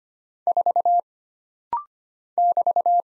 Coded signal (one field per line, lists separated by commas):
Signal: Morse code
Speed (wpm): 25 wpm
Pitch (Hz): 700 Hz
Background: none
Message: 4 <BT>